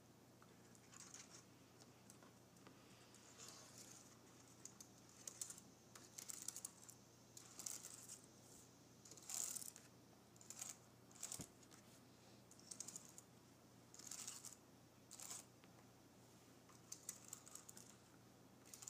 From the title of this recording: Nails Grazing Across my Keyboard